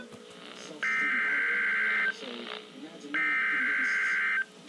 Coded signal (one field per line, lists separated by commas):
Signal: Emergency Alert System (SAME) tones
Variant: header bursts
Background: speech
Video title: Severe Thunderstorm Warning (EAS #54)